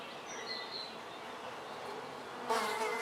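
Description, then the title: Fly buzzing as a soft continuous hum, with faint bird chirps and a brief louder rustle near the end. Flies on a balcony, recorded in the morning from a house window at Erta di Sopra, Contrà Erta, Italy, with birds in the distance. "Erta di Sopra, Contrà Erta VI, Italia - Erta di Sopra - Mosche sul balcone e Uccelli in lontananza"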